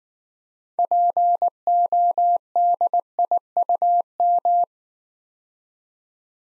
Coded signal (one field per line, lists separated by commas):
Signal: Morse code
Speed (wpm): 19 wpm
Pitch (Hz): 700 Hz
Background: none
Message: PODIUM